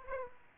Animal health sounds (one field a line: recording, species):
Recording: mosquito wingbeat signal from an infrared sensor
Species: Aedes aegypti